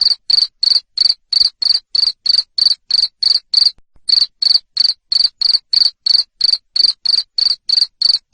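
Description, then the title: Cricket producing loud, evenly spaced trilled chirps, around three a second, with a single short gap. Loud cricket chirping used to stimulate lovebirds to sing continuously. "Suara JANGKRIK NGERIK Keras Bikin LOVEBIRD Jadi NGEKEK Terus Vubey"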